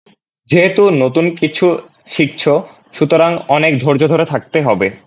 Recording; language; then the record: elicited speech; Bengali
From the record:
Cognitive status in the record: cognitively healthy